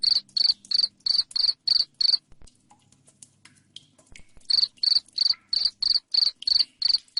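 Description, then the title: Cricket chirps, shrill and evenly spaced, roughly three each second, breaking off for about two seconds before resuming in a long regular series. Loud cricket chirping ('jangkrik ngerik keras'), played to make lovebirds keep calling 'ngekek'. "Suara JANGKRIK NGERIK Keras Bikin LOVEBIRD Jadi NGEKEK Terus Vubey"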